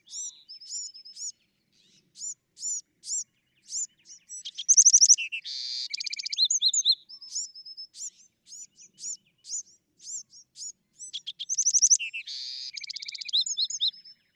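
Bewick's wren delivering long series of bright chips and slurs, broken twice by harsh fast trills, the phrase recurring after about seven seconds.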